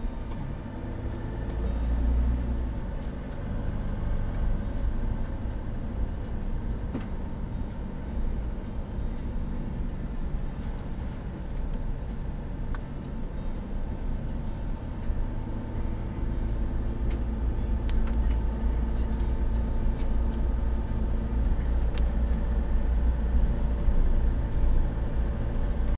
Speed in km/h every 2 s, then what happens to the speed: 12, 19, 21, 21, 21, 21, 21, 23, 23, 24, 22, 20, 20.
0-3 speeds up to 21. 3-26 steady at about 21.